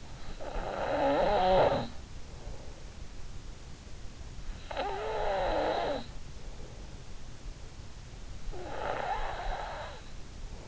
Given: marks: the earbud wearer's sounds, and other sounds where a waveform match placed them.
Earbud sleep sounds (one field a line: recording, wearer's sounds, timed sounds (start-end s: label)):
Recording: sounds in sleep by an in-ear microphone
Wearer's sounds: snoring breath, breath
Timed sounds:
0.00-2.45 s: snoring breath
4.11-6.51 s: snoring breath
8.28-10.68 s: breath